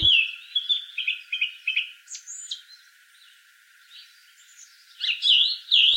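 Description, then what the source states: Song Thrush singing clear, fluting whistled phrases, some repeated in quick succession, with a short quieter gap midway before further bright phrases. Repeats phrases it has just sung, sometimes for an hour; described as the herald of spring.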